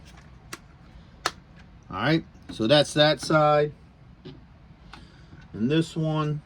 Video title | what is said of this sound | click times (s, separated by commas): Review of the G.I.Joe classified figure and vehicle Ferret Scout and Ferret ATV 119 By Hasbro | this one pops on over here | 0.5 s, 1.3 s